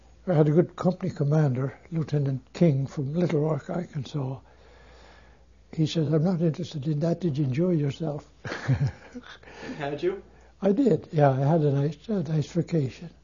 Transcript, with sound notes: I had a good company commander, Lieutenant King, from Little Rock, Arkansas. He says, "I'm not interested in that. Did you enjoy yourself?" (He laughs.)
Had you?
I did. I had a nice vacation.